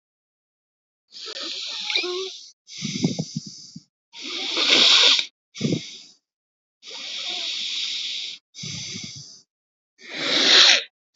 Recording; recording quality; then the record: shallow breathing; excellent, no background noise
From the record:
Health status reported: COVID-19 positive, mild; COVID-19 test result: positive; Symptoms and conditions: cough, fatigue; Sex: male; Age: 35 years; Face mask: not worn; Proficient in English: yes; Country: India